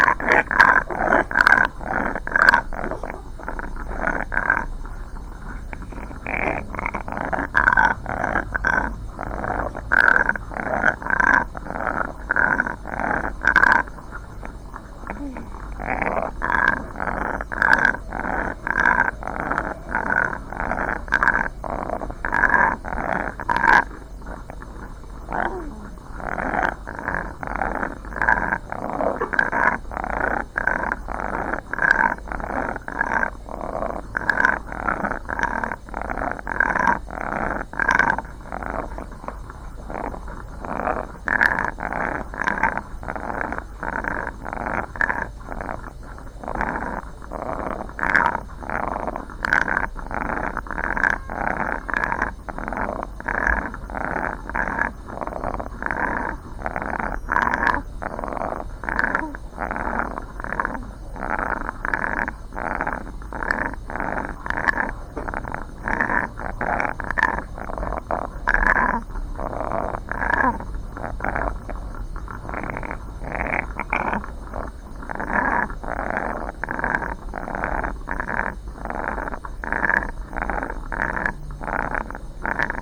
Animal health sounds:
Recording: poultry house recording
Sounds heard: sick chickens (respiratory disease)

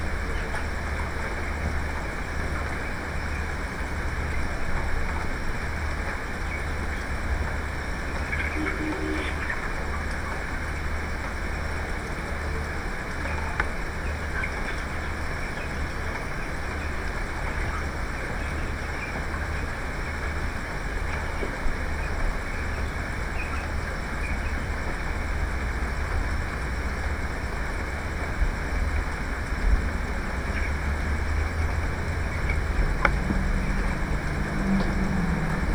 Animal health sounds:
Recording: poultry house recording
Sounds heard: healthy chickens

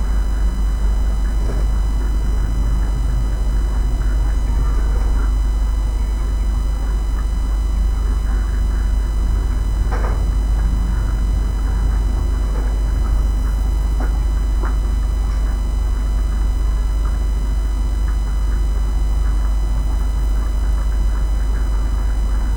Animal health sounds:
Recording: poultry house recording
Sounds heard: sick chickens (respiratory disease)

